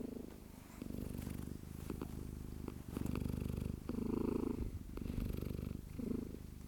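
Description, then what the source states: Domestic cat giving a continuous deep purr, swelling louder and softer in cycles. Cat named Chrissie, purring.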